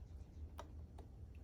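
A wire circlip is rolled around by hand in the piston pin bore of an aluminium VW air-cooled engine piston until it drops into its groove. A sharp small click at 0.6 s marks it seating, followed by a fainter tick near 1.0 s over a steady low hum. The circlip is seated in the groove.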